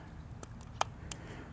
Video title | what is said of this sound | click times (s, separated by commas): This “Brand New” Mower Wouldn’t Start… Easy Fix! | You hear it click. Got it. | 0.8 s, 1.1 s